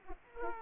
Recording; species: mosquito wingbeat signal from an infrared sensor; Aedes aegypti